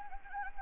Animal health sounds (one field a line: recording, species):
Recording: mosquito wingbeat signal from an infrared sensor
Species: Anopheles gambiae